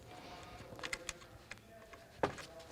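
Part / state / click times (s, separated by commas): door release cable end into interior door handle assembly / seated / 2.2 s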